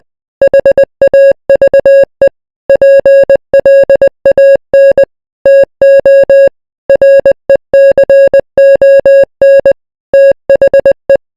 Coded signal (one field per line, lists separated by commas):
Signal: Morse code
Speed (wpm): 20 wpm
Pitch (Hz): 550 Hz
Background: music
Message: HAVE PLAN TO RECON THE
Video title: the royal empire morse code